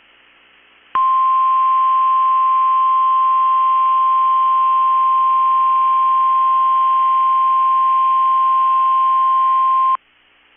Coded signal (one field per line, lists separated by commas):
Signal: Emergency Alert System (SAME) tones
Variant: 1050 Hz attention tone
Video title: 3/23/22 - KEC65 Required Weekly Test (EAS #394)